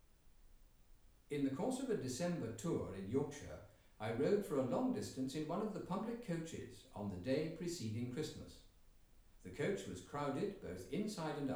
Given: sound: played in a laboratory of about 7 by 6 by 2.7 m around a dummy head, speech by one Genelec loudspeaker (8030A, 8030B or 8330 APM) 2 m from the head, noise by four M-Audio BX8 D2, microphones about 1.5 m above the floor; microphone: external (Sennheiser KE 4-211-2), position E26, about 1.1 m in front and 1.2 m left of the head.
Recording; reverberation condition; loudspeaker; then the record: male speech in English; medium; 30 degrees to the right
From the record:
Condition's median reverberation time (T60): about 510 ms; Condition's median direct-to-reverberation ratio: about -0.5 dB